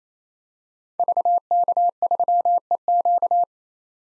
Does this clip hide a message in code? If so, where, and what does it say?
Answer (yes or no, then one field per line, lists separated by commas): yes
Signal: Morse code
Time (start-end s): 1.0-3.4 s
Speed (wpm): 27 wpm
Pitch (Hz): 700 Hz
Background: none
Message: VK3EQ